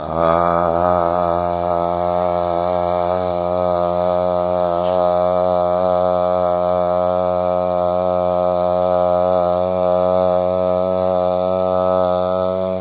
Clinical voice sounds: sustained vowel /a/; male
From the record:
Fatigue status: no fatigue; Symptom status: symptomatic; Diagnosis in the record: COVID-19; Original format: 3gp

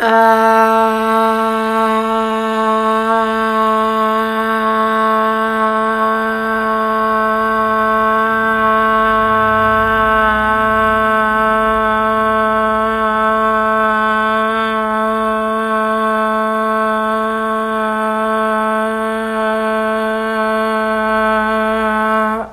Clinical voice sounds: sustained vowel /a/; female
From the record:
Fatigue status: no fatigue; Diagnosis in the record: COVID-19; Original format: m4a

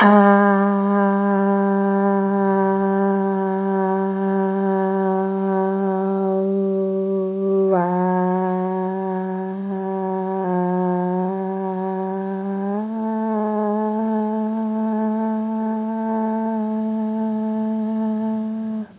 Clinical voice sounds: sustained vowel /a/; female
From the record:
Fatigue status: no fatigue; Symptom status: symptomatic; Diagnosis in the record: COVID-19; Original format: 3gp

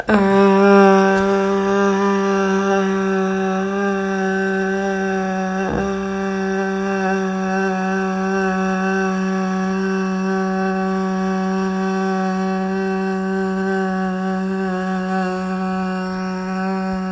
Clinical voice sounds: sustained vowel /a/; female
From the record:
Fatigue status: fatigue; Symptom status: symptomatic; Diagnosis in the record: COVID-19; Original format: m4a

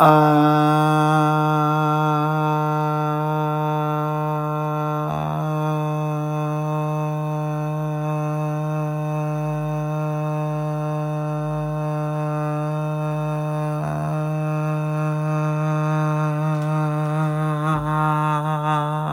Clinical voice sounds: sustained vowel /a/; male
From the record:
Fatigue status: no fatigue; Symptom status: asymptomatic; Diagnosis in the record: COVID-19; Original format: m4a

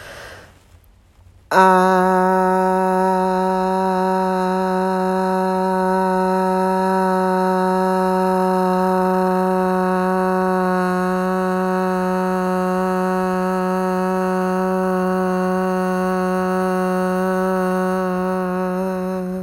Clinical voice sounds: sustained vowel /a/; female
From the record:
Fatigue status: fatigue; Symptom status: symptomatic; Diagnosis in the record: COVID-19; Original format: m4a

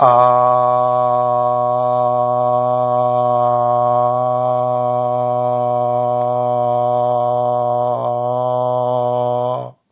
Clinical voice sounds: sustained vowel /a/; male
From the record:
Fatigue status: no fatigue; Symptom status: asymptomatic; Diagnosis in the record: COVID-19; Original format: 3gp

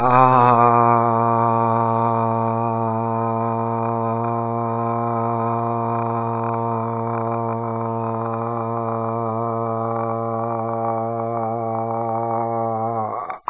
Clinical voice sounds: sustained vowel /a/; male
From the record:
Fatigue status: fatigue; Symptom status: symptomatic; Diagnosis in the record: COVID-19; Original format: 3gp

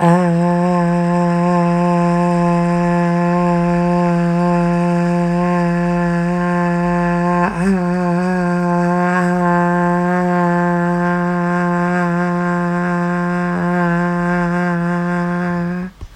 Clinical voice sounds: sustained vowel /a/; female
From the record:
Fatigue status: no fatigue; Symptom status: symptomatic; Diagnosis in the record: COVID-19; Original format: m4a

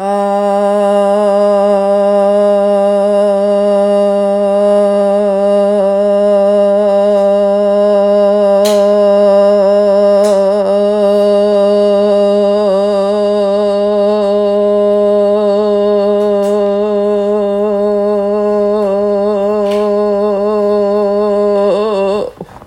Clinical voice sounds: sustained vowel /a/; female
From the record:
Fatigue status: fatigue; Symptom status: symptomatic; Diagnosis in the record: COVID-19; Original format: m4a

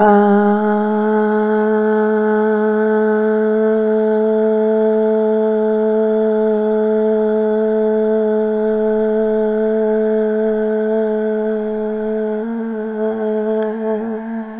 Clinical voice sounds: sustained vowel /a/; female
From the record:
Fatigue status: no fatigue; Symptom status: asymptomatic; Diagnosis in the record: COVID-19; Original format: 3gp

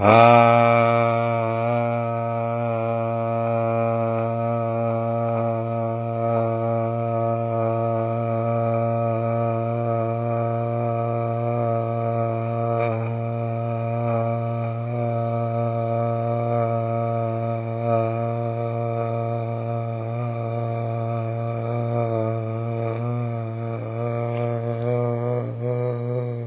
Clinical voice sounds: sustained vowel /a/; male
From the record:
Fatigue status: no fatigue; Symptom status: asymptomatic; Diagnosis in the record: COVID-19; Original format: 3gp

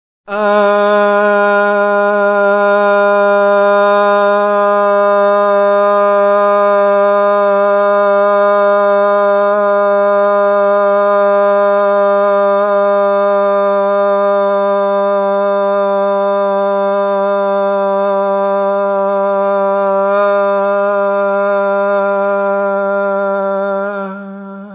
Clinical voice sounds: sustained vowel /a/; male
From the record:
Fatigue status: no fatigue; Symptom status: asymptomatic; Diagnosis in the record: COVID-19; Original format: 3gp

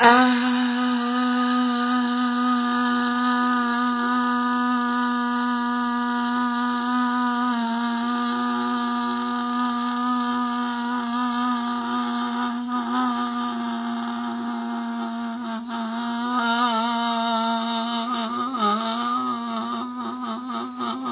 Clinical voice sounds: sustained vowel /a/; female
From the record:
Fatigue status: no fatigue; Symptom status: symptomatic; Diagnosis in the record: COVID-19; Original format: 3gp

